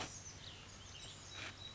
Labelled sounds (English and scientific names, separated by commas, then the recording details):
Cassin's Vireo (Vireo cassinii)
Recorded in Sonoma County, California